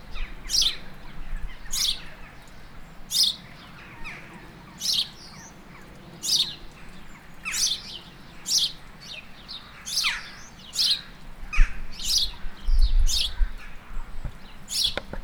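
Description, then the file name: House sparrow giving a long series of short bright chirps that come faster toward the end, over a low background rumble. "Passer domesticus"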